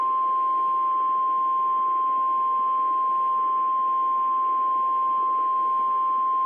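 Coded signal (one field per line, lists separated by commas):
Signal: Emergency Alert System (SAME) tones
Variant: 1050 Hz attention tone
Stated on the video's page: Real EAS Severe Thunderstorm Warning from the NWS in Northern Indiana.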